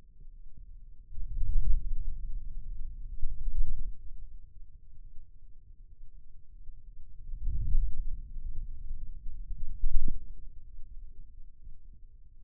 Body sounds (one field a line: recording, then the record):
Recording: forearm muscle sounds (acoustic myography)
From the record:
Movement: wrist flexion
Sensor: system 2, bracelet of six BSWA MPA416 microphones around the upper forearm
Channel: 6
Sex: male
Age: 22 years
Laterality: right